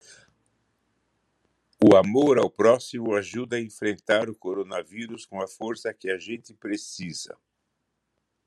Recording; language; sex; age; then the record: spoken sentence; Brazilian Portuguese; male; 70 to 79 years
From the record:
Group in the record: control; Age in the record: 79 years